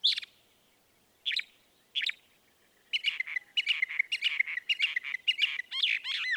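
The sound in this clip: Northern mockingbird song: three spaced harsh notes, then a quick jumble of chattering chirps and finally looping whistled sweeps.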